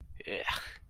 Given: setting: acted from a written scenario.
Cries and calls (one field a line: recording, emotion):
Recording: vocal sound without words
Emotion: contempt